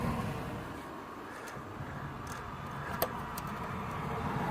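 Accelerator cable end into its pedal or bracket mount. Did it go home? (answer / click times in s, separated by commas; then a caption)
yes / 3.0 s. A new accelerator cable end for a 1997 Chevy Blazer is slid into its pedal or bracket mount while a steady vehicle and traffic hum plays in the background. One sharp click at 3.0 seconds marks the cable end seating in place, and someone talks during the clip.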